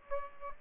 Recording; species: mosquito wingbeat signal from an infrared sensor; Aedes aegypti